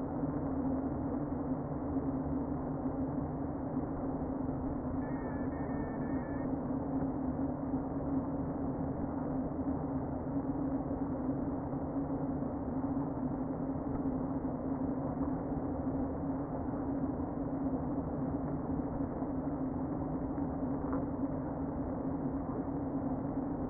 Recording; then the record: honeybee colony, microphone inside the hive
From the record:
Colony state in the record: queen present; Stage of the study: before two queens were removed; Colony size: about 60,000 bees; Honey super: yes